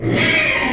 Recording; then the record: squeal of a Yucatan mini pig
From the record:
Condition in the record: before surgery on the right vocal fold (resection and tissue-engineered implant); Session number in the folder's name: 2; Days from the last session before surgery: 0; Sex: male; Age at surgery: 12 weeks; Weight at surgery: 13 kg